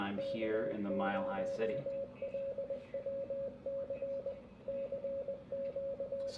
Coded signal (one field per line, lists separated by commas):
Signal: Morse code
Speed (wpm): 20 wpm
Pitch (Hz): 550 Hz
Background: speech, radio noise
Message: K0LWC CQ